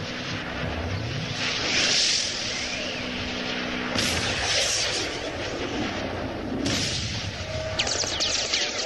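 A steady, dense roar of the engines of five airplanes flying in the sky fills the scene, with rumbling low tones and hissing surges that swell around the middle and again near the end; no voices.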